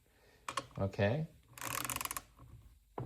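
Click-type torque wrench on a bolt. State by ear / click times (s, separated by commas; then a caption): not seated / none. A click-type torque wrench set to 25 foot-lbs, with a socket fitted on a bolt, is turned clockwise to ratchet the bolt down before final tightening. Two sharp clicks sound near 0.5 s, someone talks briefly, and a quick run of ratchet pawl clicks follows from about 1.6 to 2.2 s. The torque click has not happened yet.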